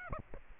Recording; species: mosquito wingbeat signal from an infrared sensor; Aedes aegypti